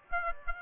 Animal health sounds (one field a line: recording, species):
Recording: mosquito wingbeat signal from an infrared sensor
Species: Aedes aegypti